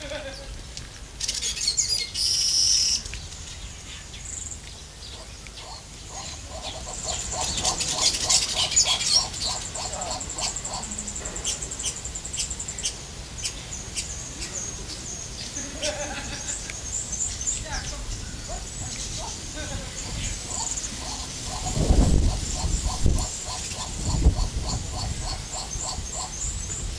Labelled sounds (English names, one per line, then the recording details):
Greater Blue-eared Starling song
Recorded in captivity
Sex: male
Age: adult
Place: Zoo Berlin, Berlin, DE
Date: 2008-09-05 14:20
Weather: partly cloudy, ca. 23°C
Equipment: Sony WM-D6C, Sennheiser ME 80, Kopie Uher 4000 Report Monitor
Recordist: Tembrock, Günter